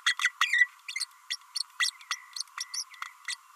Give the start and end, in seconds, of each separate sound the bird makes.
0.06-0.14, 0.19-0.31, 0.40-0.68, 0.95-1.05, 1.30-1.36, 1.79-1.90, 2.10-2.15, 2.36-2.42, 2.57-2.64, 2.73-2.84, 3.27-3.35